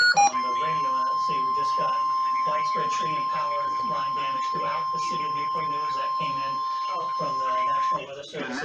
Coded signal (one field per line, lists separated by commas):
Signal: Emergency Alert System (SAME) tones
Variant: 1050 Hz attention tone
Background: speech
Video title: Xtreme Mayhem...Moderate Risk EAS Alerts Part 3 (EAS #22-26)